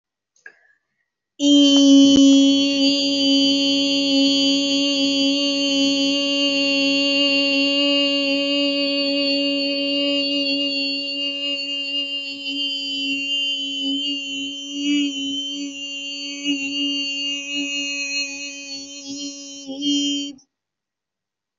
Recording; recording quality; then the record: sustained vowel as in beet; moderate, slight background noise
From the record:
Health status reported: healthy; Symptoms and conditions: none ticked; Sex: female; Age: 30 years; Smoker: not ticked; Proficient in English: yes